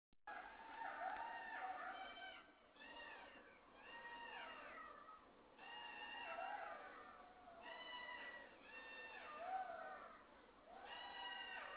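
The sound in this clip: Jackal chorus of wailing howls in repeated bursts every few seconds, each a cluster of wavering, sliding high cries.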